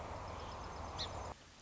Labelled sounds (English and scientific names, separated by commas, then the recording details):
Song Sparrow (Melospiza melodia)
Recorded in Sonoma County, California